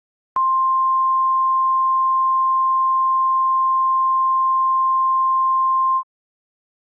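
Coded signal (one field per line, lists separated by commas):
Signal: Emergency Alert System (SAME) tones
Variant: 1050 Hz attention tone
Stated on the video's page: Mock, simulated EAS extreme wind warning for Hurricane Ian.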